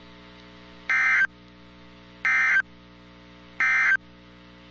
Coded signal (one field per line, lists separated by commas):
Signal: Emergency Alert System (SAME) tones